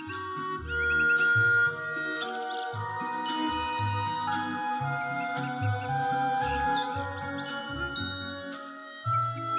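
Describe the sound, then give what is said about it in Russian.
A grey thrush sings bright, fluting whistled phrases and quick trills, rising and falling in pitch, woven over steady background music with low, sustained chords. “Зато голос краше некуда. После соловья лучший певец в лесу. Как зальется, весь лес его слушает.”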